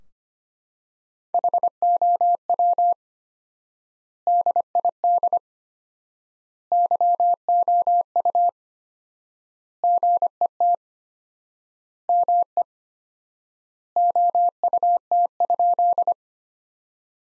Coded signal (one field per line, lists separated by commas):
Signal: Morse code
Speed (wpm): 25 wpm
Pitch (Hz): 700 Hz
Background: none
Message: HOW DID YOU GET ME OUT?